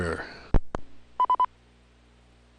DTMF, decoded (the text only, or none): none